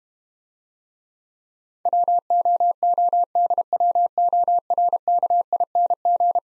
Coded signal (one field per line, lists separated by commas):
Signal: Morse code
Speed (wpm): 32 wpm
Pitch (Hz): 700 Hz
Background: none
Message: WOODWORKING